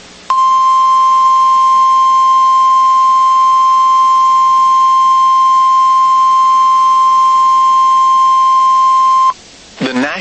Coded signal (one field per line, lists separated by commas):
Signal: Emergency Alert System (SAME) tones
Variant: 1050 Hz attention tone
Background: speech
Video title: NOAA Weather Radio · WXK80 Lafayette, Louisiana · EAS #10 · Tornado Warning · 12/28/24